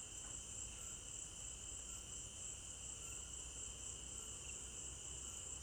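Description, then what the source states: Crickets chirping in a steady, continuous high-pitched trill chorus with a second lower band of trilling, unbroken throughout. Night crickets in an African village garden, recorded in binaural stereo.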